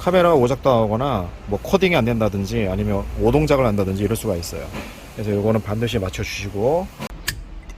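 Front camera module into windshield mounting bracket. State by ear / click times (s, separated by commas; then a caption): seated / 7.3 s. Someone talks for most of the clip as a replacement FCA front camera module for a TM Santa Fe, changed over fault code C160649 (ECU software error) and due for calibration, is pushed into its windshield mounting bracket. It seats with a single sharp snap at 7.3 s, followed by a fainter brief sound at 7.7 s, and the camera is confirmed seated.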